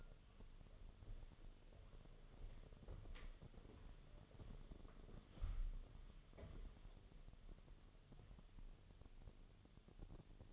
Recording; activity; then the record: daily activity, microphone in the room; walk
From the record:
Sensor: 4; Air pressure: 1016.2 hPa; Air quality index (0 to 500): 163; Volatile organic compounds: 6 ppm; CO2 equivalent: 1866 ppm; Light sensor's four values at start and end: 9/20/8/7 and 9/20/8/7